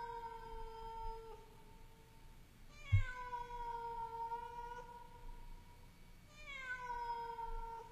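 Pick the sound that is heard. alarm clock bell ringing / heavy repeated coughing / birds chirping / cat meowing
cat meowing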